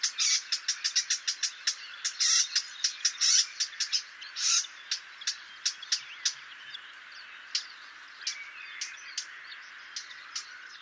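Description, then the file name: Eurasian blackcap calls: a quick series of hard, high clicks, fast and loud at first, then slowing to sparser, quieter ticks by the end. "Sylvia atricapilla"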